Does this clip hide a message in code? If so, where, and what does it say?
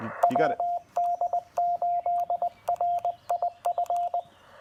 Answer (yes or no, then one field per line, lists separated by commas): yes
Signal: Morse code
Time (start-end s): 0.2-4.2 s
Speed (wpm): 23 wpm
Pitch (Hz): 700 Hz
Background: speech, radio noise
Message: WD8RIF